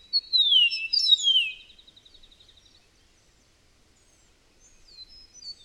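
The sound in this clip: Bird song: a bright whistled phrase sweeping down from high pitch into a rapid trill, then a pause with faint high notes near the end.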